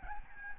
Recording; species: mosquito wingbeat signal from an infrared sensor; Aedes albopictus